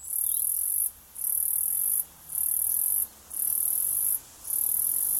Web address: Sound Effects-Foundation 3 INSECT AUS CICADA LONG